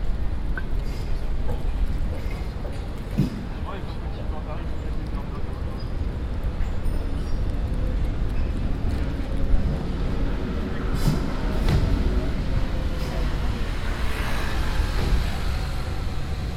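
A busy city street with a dense, steady wash of low traffic rumble and passing vehicles. Voices murmur throughout, and brief clicks and sharp knocks stand out near 3, 10 and 12 seconds, with a brighter rattling passage around 14 to 15 seconds.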